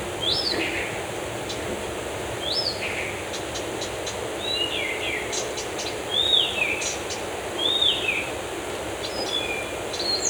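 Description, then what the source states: Birds singing: clear whistled notes sliding down in pitch, repeated every second or two, with short high chirps between them over a steady hiss. Birds in a forest.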